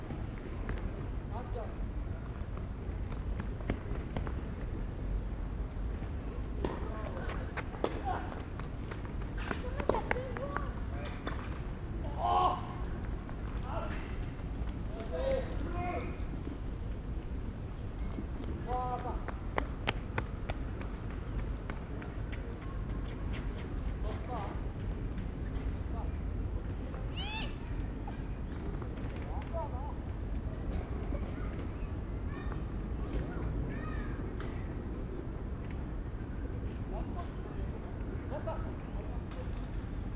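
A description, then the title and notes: Jardin du Luxembourg by the tennis courts: a steady low hum of traffic sits under scattered voices talking, clearest around the ten to twenty second mark. Sharp knocks pop out now and then, and bird chirps appear near twenty-seven seconds and toward the end. Jardin Du Luxembourg by the tennis courts. Instead I enjoyed positioning myself on a bench between a game of tennis. The tennis courts are behind me and in front we have rows of trees.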